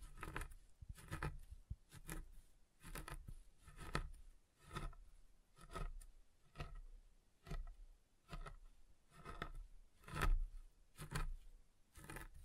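Soap being tapped and carved: crisp scraping cuts and taps about once a second, each a short bright burst with a soft low thump.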